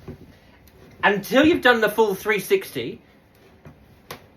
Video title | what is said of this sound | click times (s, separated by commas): Part 1 Corn Bread Mini Dampers cooked in the Tupperware Micro Pro Grill | You hear that click? | 4.1 s